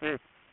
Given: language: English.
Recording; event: throat vibration sensor signal played as sound; speech